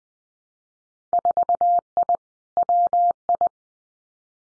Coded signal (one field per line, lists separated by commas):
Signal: Morse code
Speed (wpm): 19 wpm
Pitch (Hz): 700 Hz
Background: none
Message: 4I WI